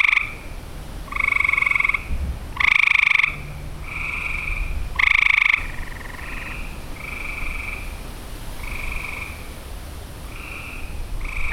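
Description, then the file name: Frogs giving loud pulsed trills, each about half a second to a second long, several callers in a chorus over a low rumbling background. Recorded in Olivet, Michigan, on 6 June 2008. "olivet mi-frogs-20080606"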